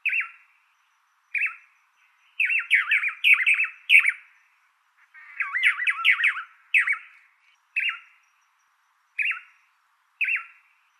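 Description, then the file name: Blue manakin: short nasal notes alternating with bursts of rapid warbled, wavering phrases, with short pauses between. "suara blue manakin"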